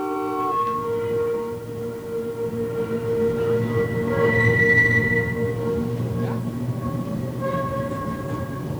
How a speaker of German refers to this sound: Die gute gelbe Straßenbahn. Ich fahre mit der Straßenbahn. Aber wohin fahren wir denn? Es sitzen mehrere in der Bahn.